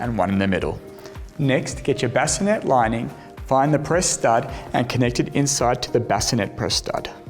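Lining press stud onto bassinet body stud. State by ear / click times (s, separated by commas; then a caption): not seated / none. The fabric lining of a COSY bassinet (compatible with AERON and ONIX) is being handled so that its press stud can be connected to the matching press stud inside the bassinet body. Someone talks over background music throughout. Nothing has snapped closed or seated yet.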